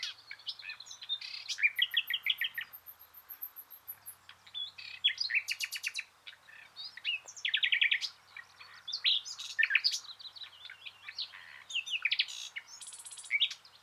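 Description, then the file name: Common nightingale singing a rich, changing sequence of churring trills, whistles and hard clicking notes, with a long run of thin high notes early on. "Luscinia megarhynchos"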